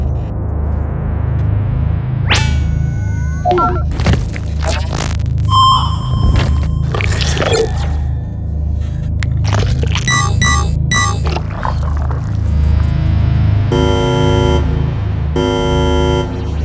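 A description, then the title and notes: A steady, low machine hum drones under the whole mothership scene. Over it come interface sounds: quick sweeping chirps around two to eight seconds, a burst of rapid stacked beeps near ten seconds, then pulsing electronic tones from fourteen seconds on. District 10 - Mothership Sound Effects.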